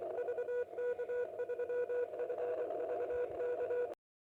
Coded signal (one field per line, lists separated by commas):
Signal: Morse code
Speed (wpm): 25 wpm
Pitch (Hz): 490 Hz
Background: none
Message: VK3FVK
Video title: Ham Radio Wireless Energy/Displacement Current(s) Experiment & Hypothesis.